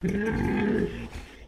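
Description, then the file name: Pig grunting, a single low rough grunt lasting nearly a second, followed by a shorter fainter grunt, with no other clear sounds. Landrace pig grunting inside. "ANIMAL PIG LANDRACE EDGAR INSIDE GRUNT"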